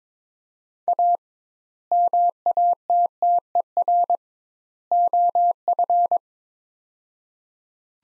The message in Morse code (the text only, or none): A MATTER OF